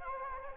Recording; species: mosquito wingbeat signal from an infrared sensor; Anopheles gambiae